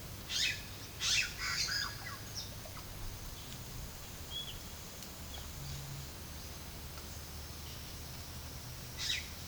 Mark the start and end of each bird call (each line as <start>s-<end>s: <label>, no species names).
0.16s-3.04s: bird call
4.19s-5.54s: bird call
8.75s-9.47s: bird call